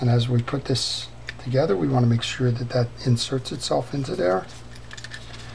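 A worm gear bearing on an Okuma Nitrix 250 round baitcasting reel is raised and inserted into its seat in the reel frame during reassembly while someone talks. A slight burr makes it stiff until it snaps into place, with quick clicks at about 4.9, 5.0 and 5.0 seconds. The bearing ends up seated properly.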